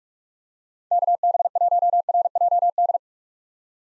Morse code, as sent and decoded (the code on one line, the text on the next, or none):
-.- -... .---- .-. .--- -..
KB1RJD